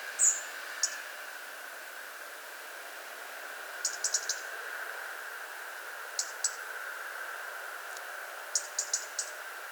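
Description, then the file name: European robin calls: short, sharp, high ticking notes, singly and in clusters of two to four, spaced a couple of seconds apart, over a steady background hiss. "Erithacus rubecula"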